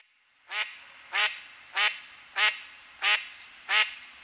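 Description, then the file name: Mallard giving six loud, harsh quacks, evenly spaced about two thirds of a second apart, in a quiet background. "Canard colvert"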